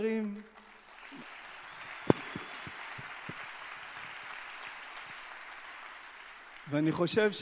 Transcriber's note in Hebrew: מחיאות כפים